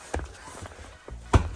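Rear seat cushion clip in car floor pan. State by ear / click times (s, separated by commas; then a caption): released / 1.3 s. A rear seat cushion on a BMW E46 Coupe is pulled up until its clip releases from the car floor pan. Two quiet taps at about 0.1 s and 0.2 s are followed by a short, loud pop at 1.3 s as the clip releases. The cushion comes free with no bolts holding it.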